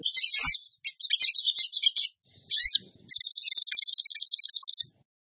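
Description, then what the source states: Bird song of dense, high, chattering trills, a sharp rising note, then a long, even, rapid rattling trill. Masteran training recording for birds, featuring song in the gacor tembakan style.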